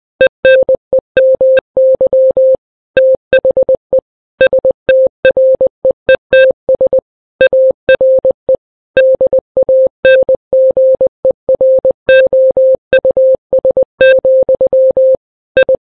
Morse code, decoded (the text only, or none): ENEMY THE STREETS ARE DANGEROUS, I